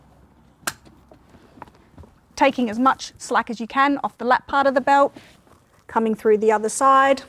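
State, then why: Seated. A vehicle seat belt, routed through a forward-facing child car seat's belt path, has its metal tongue pushed into the plastic seat belt buckle, which clicks and seats with a sharp, loud hit at 0.7 s. A few faint taps follow, and from about 2.4 s someone talks.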